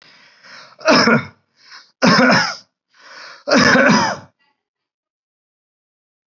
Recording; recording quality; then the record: heavy voluntary cough; excellent, no background noise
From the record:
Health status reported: respiratory illness, not identified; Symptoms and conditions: none ticked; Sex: male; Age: 30 years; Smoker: not ticked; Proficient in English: yes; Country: India